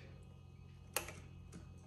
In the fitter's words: like that one that one clicked into place